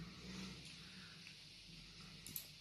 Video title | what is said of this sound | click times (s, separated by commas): Let’s Go Pikachu! Nintendo Switch Unboxing | slides on you'll hear an audible click lock | 2.4 s